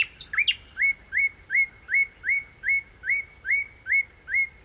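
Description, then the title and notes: Common nightingale song: after a few swooping whistles, a long rhythmic series of identical rising notes, about three per second, each topped by a high tick. Song recorded 1 May 2019 in the Crau, Bouches-du-Rhône, France, on a Nagra recorder comparing cardioid and omnidirectional microphones. "Crau - Bouches du Rhône. Rossignol philomèle"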